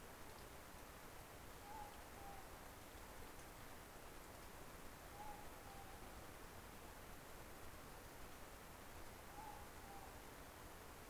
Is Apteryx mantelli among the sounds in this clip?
no